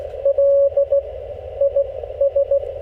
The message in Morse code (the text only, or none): L I S